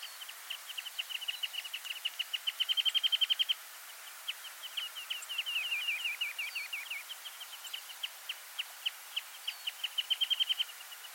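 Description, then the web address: Bird calling in fast bursts of sharp, high chips that run into rattling trills, with short pauses between series, over a quiet, steady background. "peking birds bird call"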